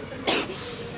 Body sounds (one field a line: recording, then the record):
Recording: coughing mixed with background sound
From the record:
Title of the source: 61 morning phlegmy cough...again